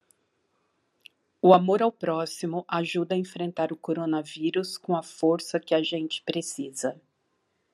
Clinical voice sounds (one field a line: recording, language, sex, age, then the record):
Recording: spoken sentence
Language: Brazilian Portuguese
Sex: female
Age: 50 to 59 years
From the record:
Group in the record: control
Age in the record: 59 years